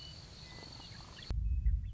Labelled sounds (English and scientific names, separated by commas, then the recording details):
Western Meadowlark (Sturnella neglecta)
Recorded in Sonoma County, California